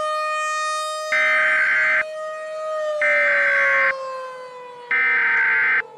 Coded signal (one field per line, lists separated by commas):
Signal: Emergency Alert System (SAME) tones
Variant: header bursts